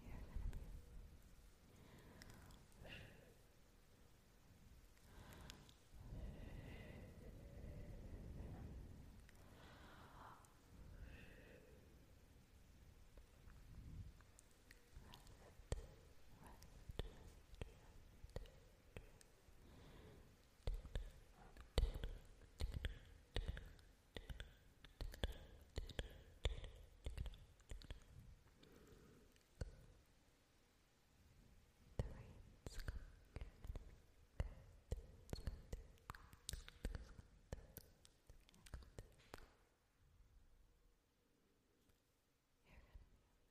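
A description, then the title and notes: Trigger sounds made while a storm gathers. A deep rumble swells and fades in the first ten seconds, then dense clusters of sharp taps, clicks and soft crinkles come quickly and irregularly before thinning to quiet near the end. Fading In and Out | Assorted Triggers. Tonight, I do some fun, basic triggers as a storm rolls in.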